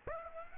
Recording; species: mosquito wingbeat signal from an infrared sensor; Aedes aegypti